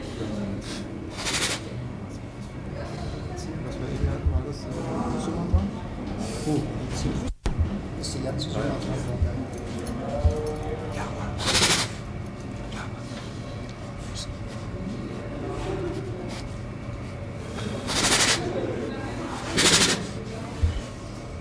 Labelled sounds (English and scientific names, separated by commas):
Tiger (Panthera tigris)